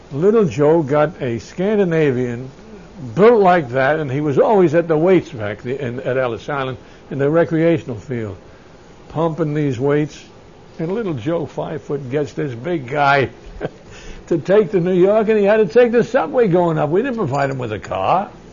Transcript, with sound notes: Little Joe got a Scandinavian, built like that, and he was always at the weights back at Ellis Island in the recreational field, pumping these weights. And Little Joe, five foot, gets this big guy ( he laughs ) to take to New York, and he had to take the subway going up. We didn't provide him with a car.